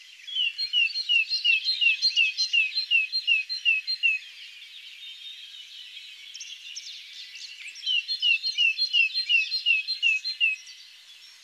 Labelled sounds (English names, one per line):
Great Tit song